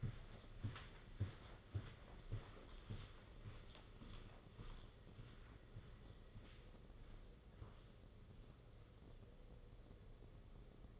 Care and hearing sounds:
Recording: daily activity, microphone in the room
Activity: walk to room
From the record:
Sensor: 4

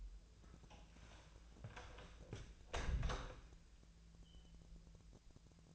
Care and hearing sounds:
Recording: daily activity, microphone in the room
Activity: close door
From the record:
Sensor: 2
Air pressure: 1000.3 hPa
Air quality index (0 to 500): 159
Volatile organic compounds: 3 ppm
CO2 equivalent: 1329 ppm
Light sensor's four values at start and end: 10/25/10/11 and 10/24/10/11

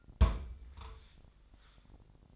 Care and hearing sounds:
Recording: daily activity, microphone in the room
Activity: place on stove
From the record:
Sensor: 5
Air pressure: 999.4 hPa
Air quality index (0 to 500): 222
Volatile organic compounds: 21 ppm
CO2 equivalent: 2719 ppm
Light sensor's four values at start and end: 30/67/28/27 and 32/72/29/29

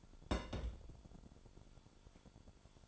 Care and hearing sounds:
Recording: daily activity, microphone in the room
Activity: place on stove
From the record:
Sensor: 5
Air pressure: 1008.2 hPa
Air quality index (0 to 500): 120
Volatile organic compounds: 1 ppm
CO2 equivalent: 923 ppm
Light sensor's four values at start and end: 29/64/27/27 and 30/65/27/27

